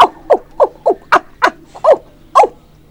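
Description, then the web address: Monkey calls: a quick series of several short, sharp, downward-sliding cries over a faint low hum. "E-MU Producer Series Vol 3 – Hollywood Sound Effects Water Monkeys MONKEY"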